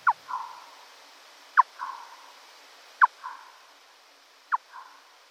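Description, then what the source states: Spotted bat echolocation, slowed: four sharp downward-sweeping pulses roughly every one and a half seconds, each followed by a fainter, softer smear, over light background hiss. Echolocating spotted bat, played slowed down; this species echolocates within the human audible range and can be heard flying overhead.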